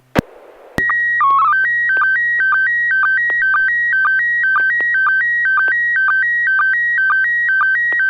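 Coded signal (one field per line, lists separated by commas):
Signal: SSTV (slow-scan television)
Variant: PD 120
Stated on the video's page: SSTV net on an FM repeater on 441.300 MHz, sent with MMSSTV software.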